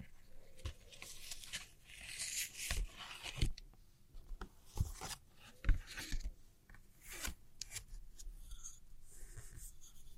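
Gentle scratchy tracing and tapping on old postcards, made of soft rubbing strokes broken by sharp little taps near the 3, 5, 6 and 7 second marks. The scratching comes in bright, uneven bursts with short quiet gaps between them, over a low, faint rumble.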